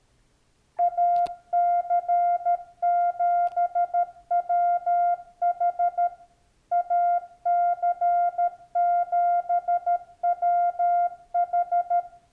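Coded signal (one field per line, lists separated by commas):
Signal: Morse code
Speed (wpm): 13 wpm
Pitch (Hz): 700 Hz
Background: none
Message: AC7WH AC7WH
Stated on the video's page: Sent on a Yaesu FTDX10 while adjusting transmit delay time and built-in memory.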